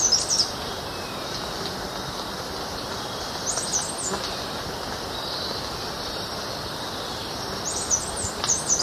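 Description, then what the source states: Pale-tailed barbthroat calls: brief bursts of thin, very high squeaky notes at the start, middle and end, over a steady hiss of background noise. Recorded in the eastern lowlands of South America.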